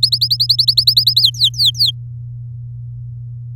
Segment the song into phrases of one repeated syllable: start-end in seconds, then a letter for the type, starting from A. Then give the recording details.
0.03-1.21 A, 1.22-1.91 B. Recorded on 7 May 2018 at 16:33. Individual llb16